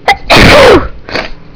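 A short sharp intake is followed by a single loud, explosive burst lasting about half a second, with a falling voiced tail, then a faint after-breath. One typical adult sneeze.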